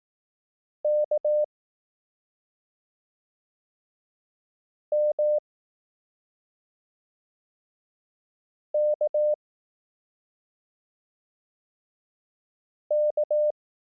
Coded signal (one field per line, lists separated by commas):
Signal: Morse code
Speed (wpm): 18 wpm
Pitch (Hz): 600 Hz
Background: none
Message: K M K K